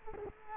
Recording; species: mosquito wingbeat signal from an infrared sensor; Culex quinquefasciatus